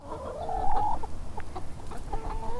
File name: KCRW-soundsla-theres something special about the backyard chicken coop